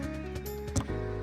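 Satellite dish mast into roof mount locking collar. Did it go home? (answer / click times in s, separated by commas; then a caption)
yes / 0.8 s. A Starlink dish mast is pulled down into a tile roof mount's locking collar over steady background music. A sharp click at 0.8 s shows the mast has seated in the collar.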